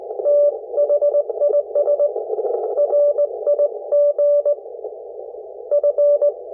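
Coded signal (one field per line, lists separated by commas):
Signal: Morse code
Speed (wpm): 18 wpm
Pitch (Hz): 580 Hz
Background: none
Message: THIS RIG F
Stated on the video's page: 40 m CW contact sent on an E.F. Johnson SPEED-X 114-520 bug, the first contact with it.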